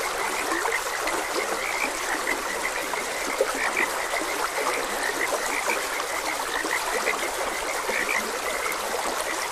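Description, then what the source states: Many frogs croaking together in rapid, overlapping short notes, laid over a continuous flowing water background. Frogs croaking beside a gentle stream.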